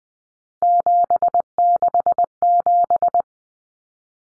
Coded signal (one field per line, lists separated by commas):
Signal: Morse code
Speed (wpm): 20 wpm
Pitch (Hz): 700 Hz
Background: none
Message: 767